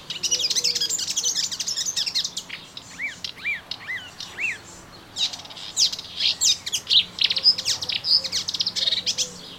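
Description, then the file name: Melodious warbler song, a fast, varied babble of chirps, rising slurs and rattling notes that runs almost without pause, with faint low whistles underneath. Recorded in a garden on 25 June 2017. "Orpheusspötter 2017 06 25 Garten"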